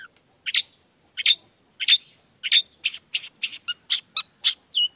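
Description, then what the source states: Long-tailed shrike with a series of short, scratchy chirps, slow at first and then quickening into varied, clipped notes ending on a brief whistle. Cendet singing in the morning, a 'toet toet' variation of its voice, played as a stimulus to rouse lazy shrikes into singing along.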